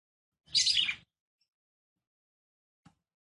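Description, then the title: Red-cowled cardinal: one brief, fast burst of high, squeaky twittering notes, then near silence. Female song, described as fiery and nervous, used to excite and fire up male red-cowled cardinals quickly. "CANTO DA FÊ MEA GALO CAMPINA FOGOSA LEVANTA FOGOESQUENTA GALO CAMPINA MACHO RAPIDINHO FÊ MEA NERVOSA"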